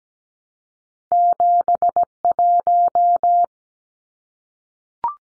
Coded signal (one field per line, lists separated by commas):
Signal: Morse code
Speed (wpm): 17 wpm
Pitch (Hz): 700 Hz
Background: none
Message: 71